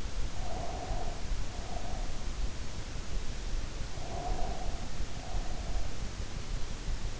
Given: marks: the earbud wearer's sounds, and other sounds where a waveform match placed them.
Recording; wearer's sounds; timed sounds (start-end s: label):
sounds in sleep by an in-ear microphone; breath
0.38-2.30 s: breath
3.89-6.10 s: breath